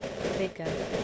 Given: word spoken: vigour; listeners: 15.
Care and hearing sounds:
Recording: one English word in noise, from a listening test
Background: noise modulated by three-talker babble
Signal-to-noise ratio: -3.6 dB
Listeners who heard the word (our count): 3 of 15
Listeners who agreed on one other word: 7 of 15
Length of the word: 0.65 s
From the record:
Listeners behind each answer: 7, 4, 3, 1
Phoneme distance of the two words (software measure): 10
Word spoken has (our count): 2 syllables, 4 phonemes, stress on syllable 1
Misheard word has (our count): 2 syllables, 4 phonemes, stress on syllable 1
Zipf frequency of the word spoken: 3.14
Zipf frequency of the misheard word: 5.02

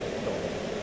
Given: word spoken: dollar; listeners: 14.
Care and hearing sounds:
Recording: one English word in noise, from a listening test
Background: speech-shaped noise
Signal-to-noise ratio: -4.3 dB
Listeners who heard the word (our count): 0 of 14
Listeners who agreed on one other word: 7 of 14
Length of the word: 0.43 s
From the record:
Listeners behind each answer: 7, 1, 1, 1, 1, 1, 1, 1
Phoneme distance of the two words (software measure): 17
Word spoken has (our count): 2 syllables, 4 phonemes, stress on syllable 1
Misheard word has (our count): 1 syllable, 3 phonemes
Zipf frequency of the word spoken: 4.14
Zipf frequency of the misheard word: 5.17

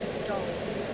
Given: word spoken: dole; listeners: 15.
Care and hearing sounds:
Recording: one English word in noise, from a listening test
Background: speech-shaped noise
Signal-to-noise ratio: -4.4 dB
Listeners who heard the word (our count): 0 of 15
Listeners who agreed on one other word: 10 of 15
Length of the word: 0.54 s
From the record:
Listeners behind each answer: 10, 4, 1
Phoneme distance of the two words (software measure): 20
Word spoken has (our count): 1 syllable, 3 phonemes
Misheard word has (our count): 1 syllable, 3 phonemes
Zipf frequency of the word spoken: 3.57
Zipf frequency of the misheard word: 5.17

